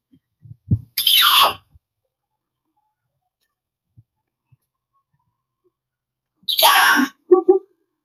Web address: cat